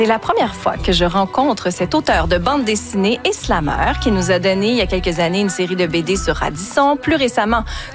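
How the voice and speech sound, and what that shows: A woman speaks fluent French at a steady pace, introducing a comic book author and slam poet; her speech sounds ordinary.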